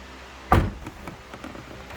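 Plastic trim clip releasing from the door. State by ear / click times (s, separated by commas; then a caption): released / 0.5 s. A plastic retaining clip pops loose as the door trim panel is pried off the driver door of a 2007–2013 Sierra/Silverado pickup. A loud sharp pop at 0.5 s is followed by a few faint ticks. The clip releases from the door.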